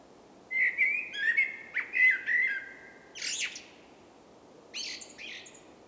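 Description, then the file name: Common blackbird singing a rich whistled phrase, followed by harsh, high squeaky twitters and a final burst of scratchy notes. "Turdus merula"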